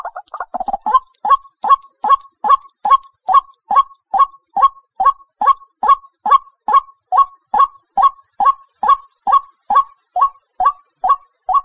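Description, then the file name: White-breasted waterhen calling: a few quick jumbled notes, then a steady, monotonous run of short hollow calls, about two per second, evenly spaced throughout. "Tieng chim quoc keu"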